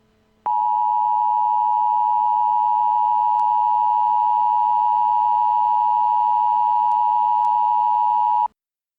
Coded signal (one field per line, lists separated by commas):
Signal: Emergency Alert System (SAME) tones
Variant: 853 and 960 Hz attention tone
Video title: EAS| Pinakmena Cupcake